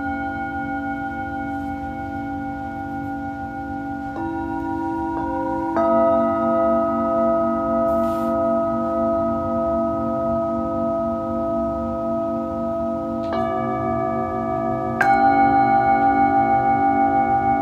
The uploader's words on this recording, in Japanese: 深夜のシンギングボウルのサウンドヒーリング。チベタンシンギングボウル。